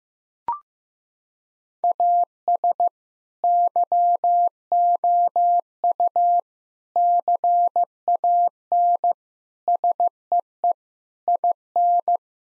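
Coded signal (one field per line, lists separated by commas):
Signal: Morse code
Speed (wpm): 15 wpm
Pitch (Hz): 700 Hz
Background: none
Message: AS YOU CAN SEE IN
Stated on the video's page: Head-copy practice at 15 wpm: common six-word groups sent in Morse, spoken, then sent again.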